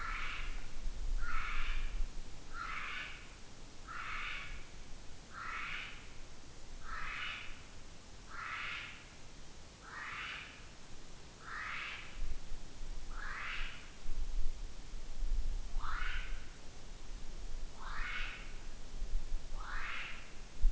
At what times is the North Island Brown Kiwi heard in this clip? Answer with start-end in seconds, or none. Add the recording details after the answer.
0.00-14.01, 15.61-20.46. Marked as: faintness 1/5. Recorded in New Zealand on 8 June 2013. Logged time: 02:19